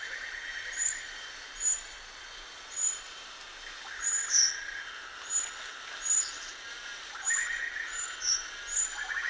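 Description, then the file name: Rufous-chested flycatcher giving short, piercing high notes about once a second over a steady insect background. Recorded at Danum on 1 March 2008. "DANUM 20080301"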